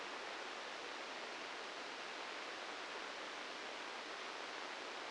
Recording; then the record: brain microelectrode recording played as sound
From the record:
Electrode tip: inside the subthalamic nucleus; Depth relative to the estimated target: -2 mm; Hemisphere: left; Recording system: NeuroSet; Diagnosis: Parkinson's disease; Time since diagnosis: 13 years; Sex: male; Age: 65 years